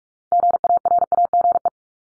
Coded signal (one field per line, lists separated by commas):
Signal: Morse code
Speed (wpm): 44 wpm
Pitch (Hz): 700 Hz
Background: none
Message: GARAGE